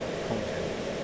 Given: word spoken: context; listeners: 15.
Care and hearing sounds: one English word in noise, from a listening test; speech-shaped noise; -6.1 dB; 0 of 15; 11 of 15; 0.64 s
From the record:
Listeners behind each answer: 11, 2, 1, 1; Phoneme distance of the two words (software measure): 17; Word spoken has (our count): 2 syllables, 8 phonemes, stress on syllable 1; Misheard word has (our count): 2 syllables, 7 phonemes, stress on syllable 1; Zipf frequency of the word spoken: 4.28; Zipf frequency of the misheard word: 4.22

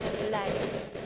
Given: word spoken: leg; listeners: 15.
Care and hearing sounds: one English word in noise, from a listening test; noise modulated by three-talker babble; -3.4 dB; 3 of 15; 6 of 15; 0.66 s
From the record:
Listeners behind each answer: 6, 3, 1, 1, 1, 1, 1, 1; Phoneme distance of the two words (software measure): 10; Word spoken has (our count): 1 syllable, 3 phonemes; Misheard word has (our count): 1 syllable, 3 phonemes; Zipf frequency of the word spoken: 4.88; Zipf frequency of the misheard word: 4.83

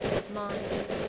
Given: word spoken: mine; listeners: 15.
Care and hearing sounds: one English word in noise, from a listening test; noise modulated by three-talker babble; -3.4 dB; 3 of 15; 9 of 15; 0.68 s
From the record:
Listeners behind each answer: 9, 3, 1, 1, 1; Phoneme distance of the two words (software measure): 7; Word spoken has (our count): 1 syllable, 3 phonemes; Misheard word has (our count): 1 syllable, 4 phonemes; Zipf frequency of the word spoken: 5.04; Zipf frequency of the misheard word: 5.47

